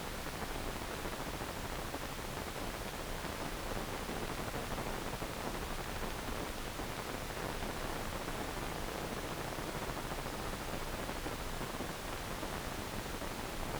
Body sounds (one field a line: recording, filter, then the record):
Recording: brain microelectrode recording played as sound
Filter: wide band, above 20 Hz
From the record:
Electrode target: subthalamic nucleus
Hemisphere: left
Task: reaching with the right hand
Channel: 2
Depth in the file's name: 1.267 mm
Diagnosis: Parkinson's disease